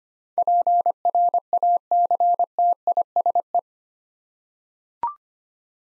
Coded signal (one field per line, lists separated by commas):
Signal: Morse code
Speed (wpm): 25 wpm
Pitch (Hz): 700 Hz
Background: none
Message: PRACTISE